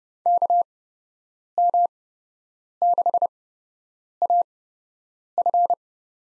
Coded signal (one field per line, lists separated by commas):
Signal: Morse code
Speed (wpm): 32 wpm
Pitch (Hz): 700 Hz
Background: none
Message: KM6AF